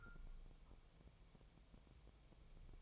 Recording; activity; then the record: daily activity, microphone in the room; take from stove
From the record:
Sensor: 1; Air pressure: 999.4 hPa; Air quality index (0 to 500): 202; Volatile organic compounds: 44 ppm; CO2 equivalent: 3207 ppm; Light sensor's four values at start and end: 9/22/8/9 and 9/22/8/9